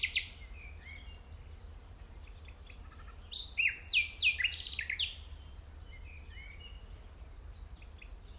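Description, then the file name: Common nightingale song: one phrase of loud slurred descending notes, briefly repeated, with soft chirps before and after. "Luscinia megarhynchos"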